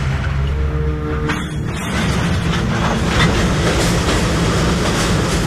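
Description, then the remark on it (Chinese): A train rumbles steadily along the rails, a dense low roar with rapid rhythmic clatter of wheels, loud and continuous, with a brief hiss of steam early on. “京张铁路曲曲折折地穿梭于山峦之间，途经隧道、险峰，连接着北京与张家口。”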